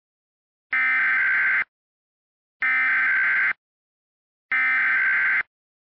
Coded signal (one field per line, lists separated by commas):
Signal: Emergency Alert System (SAME) tones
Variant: header bursts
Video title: EAS Scenario #11: Icy Trouble